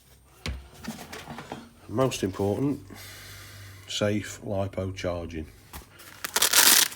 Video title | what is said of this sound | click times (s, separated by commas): Tamiya rc cars and how I use lipos in them (pt1) | they just push in, nice little click, nice and gentle. They're only really tiny pins in them. | 0.5 s